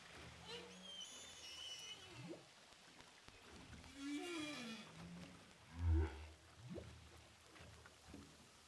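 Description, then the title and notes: Humpback whale sounds: high whistled cries at first, then short rising whoops and a loud deep grunt, over underwater hiss and crackle. Humpback whales recorded underwater with a DPA hydrophone offshore of Saint-Paul, Réunion Island. "Whales sound by hydrophophone DPA saint paul, ile de la reunion. Baleines à bosse enregistrées à l'hydrophone DPA au large de saint Paul de la réunion"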